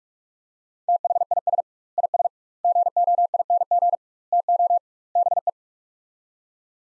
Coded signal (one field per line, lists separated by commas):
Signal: Morse code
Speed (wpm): 46 wpm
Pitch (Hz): 700 Hz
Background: none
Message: THIS IS GOING TO BE